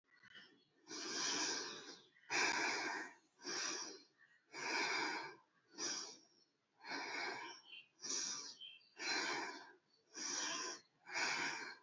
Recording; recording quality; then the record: deep breathing; excellent, no background noise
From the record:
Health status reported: exposed to COVID-19, no respiratory illness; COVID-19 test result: negative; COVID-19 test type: RT-PCR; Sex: female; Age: 22 years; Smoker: no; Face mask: worn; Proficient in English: yes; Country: India